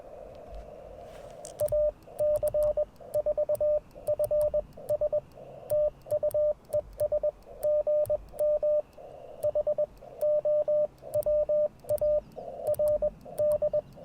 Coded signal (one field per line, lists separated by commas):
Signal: Morse code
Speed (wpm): 21 wpm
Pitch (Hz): 590 Hz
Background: radio noise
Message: AC4FS TU ES GM HOWARD